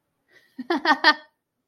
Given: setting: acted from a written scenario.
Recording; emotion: vocal sound without words; amusement